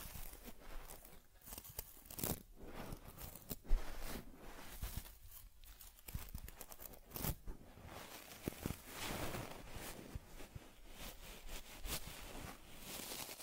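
Teddy bear grooming with a head massage, fur combing and cleaning: dense, irregular rubbing, scratching and brushing strokes, with occasional sharper clicks throughout.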